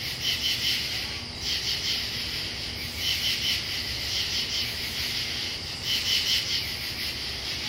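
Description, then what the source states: Katydids rasping in short pulsed bursts at irregular intervals over a steady buzzing chorus. Katydids recorded in Pennsylvania.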